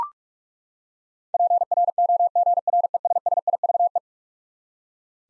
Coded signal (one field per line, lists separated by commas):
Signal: Morse code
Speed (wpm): 43 wpm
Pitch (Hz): 700 Hz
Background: none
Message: PROGRESSIVE